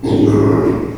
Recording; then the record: squeal of a Yucatan mini pig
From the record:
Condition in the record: before surgery on the right vocal fold (resection and tissue-engineered implant); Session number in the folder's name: 1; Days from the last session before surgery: -3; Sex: male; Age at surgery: 12 weeks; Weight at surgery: 13 kg